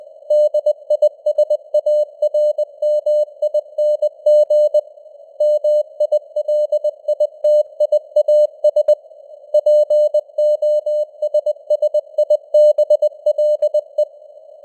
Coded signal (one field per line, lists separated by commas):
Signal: Morse code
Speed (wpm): 20 wpm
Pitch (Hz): 600 Hz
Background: none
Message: DISARMING MILITIAS POSSIBLE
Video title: Morse Code News | 2025-11-04 | 20wpm